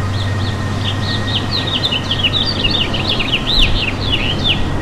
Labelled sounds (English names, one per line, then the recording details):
House Finch song
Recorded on Long Island, New York, on 11 June 2012
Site OP
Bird A